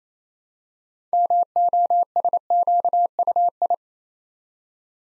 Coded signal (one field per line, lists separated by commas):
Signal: Morse code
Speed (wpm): 28 wpm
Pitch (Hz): 700 Hz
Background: none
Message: MOSQUI